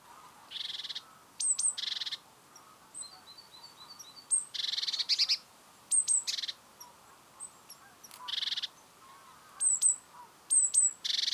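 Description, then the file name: Great tit calls: harsh buzzy churrs and rasping bursts alternate with sharp, thin high notes, repeated irregularly throughout. "Parus major"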